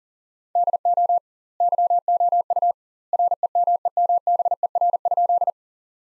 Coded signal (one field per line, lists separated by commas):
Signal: Morse code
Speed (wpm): 37 wpm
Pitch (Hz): 700 Hz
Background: none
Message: DO YOU REMEMBER?